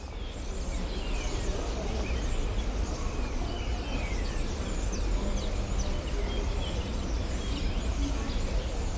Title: Bruxelles, Belgique, Rue de Flandre - hundreds of starlings on a crane